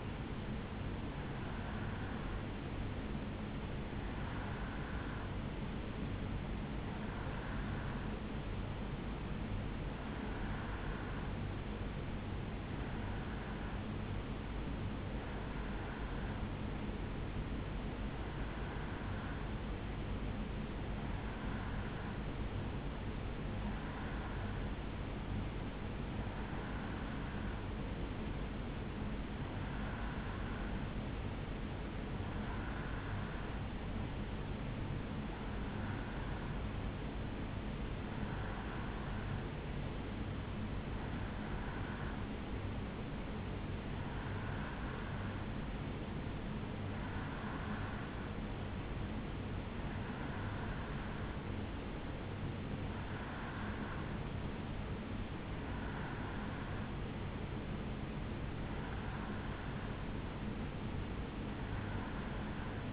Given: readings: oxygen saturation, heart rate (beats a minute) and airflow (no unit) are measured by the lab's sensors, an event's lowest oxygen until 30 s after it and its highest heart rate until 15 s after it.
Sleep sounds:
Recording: breathing in sleep by a voice recorder at the bedside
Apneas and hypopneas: 1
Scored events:
21.00-47.80 s: hypopnea (REM, oxygen 85% highest, then 83% lowest, heart rate 70 at the start, 74 highest)
From the record:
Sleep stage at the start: REM sleep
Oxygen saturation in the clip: 84 to 87%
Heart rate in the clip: 69 to 74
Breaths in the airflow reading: 21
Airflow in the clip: -2.7 to 1.8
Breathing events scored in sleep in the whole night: 449 in 7.0 hours asleep

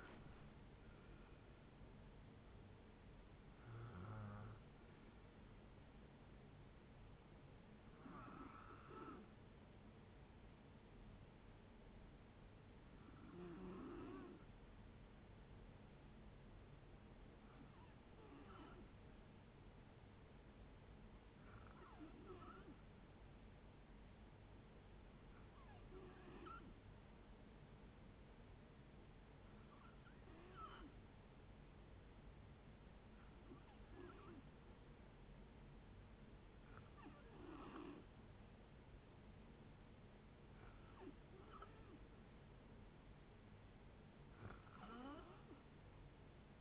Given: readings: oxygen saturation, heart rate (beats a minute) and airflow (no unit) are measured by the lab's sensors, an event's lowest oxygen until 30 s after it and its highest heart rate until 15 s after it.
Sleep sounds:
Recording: breathing in sleep by a voice recorder at the bedside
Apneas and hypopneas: 1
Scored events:
15.00-38.30 s: hypopnea (N1, oxygen 96% highest, then 91% lowest, heart rate 57 at the start, 64 highest)
From the record:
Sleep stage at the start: N1 (lightest sleep)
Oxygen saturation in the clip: 86 to 96%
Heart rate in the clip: 57 to 78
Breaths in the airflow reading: 12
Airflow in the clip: -7.1 to 5.2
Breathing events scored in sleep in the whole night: 496 in 5.4 hours asleep

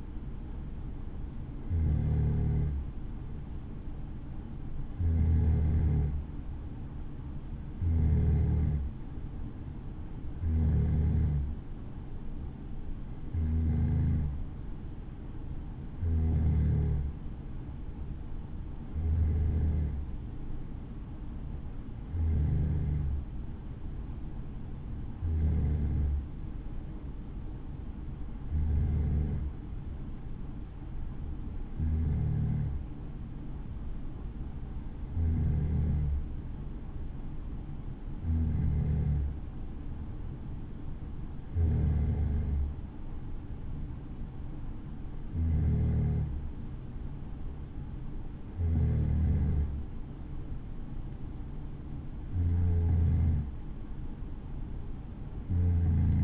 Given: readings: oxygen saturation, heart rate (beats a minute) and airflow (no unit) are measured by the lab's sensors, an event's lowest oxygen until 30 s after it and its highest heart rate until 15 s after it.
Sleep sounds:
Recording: breathing in sleep by a smartphone at the bedside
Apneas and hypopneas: none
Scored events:
none scored
From the record:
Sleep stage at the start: N3 (deep sleep)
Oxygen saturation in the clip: 92 to 94%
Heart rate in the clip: 62 to 68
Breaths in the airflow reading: 18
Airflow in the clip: -6.1 to 4.6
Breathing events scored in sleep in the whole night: 216 in 7.0 hours asleep

